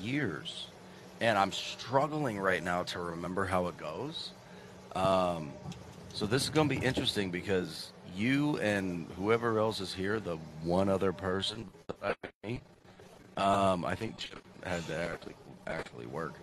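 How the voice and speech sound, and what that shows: A man talks casually during a live karaoke stream, in a low-pitched, steady voice, with a few 'um' fillers and short pauses as he gathers his thoughts. The speech is fluent, clear and ordinary conversational speech, with faint room noise in the background.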